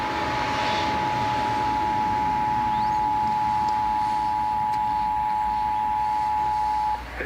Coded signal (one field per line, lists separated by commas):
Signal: Emergency Alert System (SAME) tones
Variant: 853 and 960 Hz attention tone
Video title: Emergency Alert System Test: Los Angeles,CA